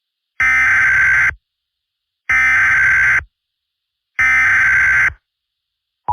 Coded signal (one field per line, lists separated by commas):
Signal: Emergency Alert System (SAME) tones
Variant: header bursts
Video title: EAS Scenario: The Dragons (Early Lunar New Year Special)